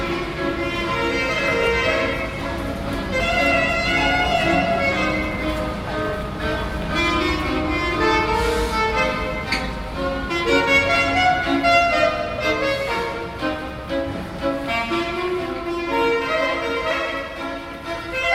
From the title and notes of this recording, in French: Budapest, musique hongroise. 2 musiciens jouent de la musique traditionnelle sous un tunnel.